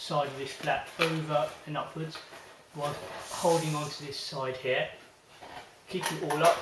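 Someone talks while folding a flap of the flat-pack base section of an EVO Maxi over and upwards, holding one side and keeping it all up, ready to press it down until it locks. Faint handling sounds come through under the talking. Nothing has seated or clicked yet.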